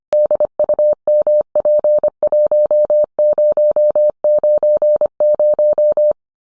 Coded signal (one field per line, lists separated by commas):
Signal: Morse code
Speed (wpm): 25 wpm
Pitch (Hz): 600 Hz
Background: none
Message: DUMP1090